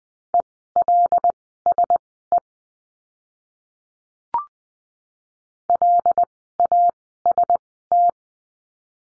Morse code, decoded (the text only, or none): ELSE LAST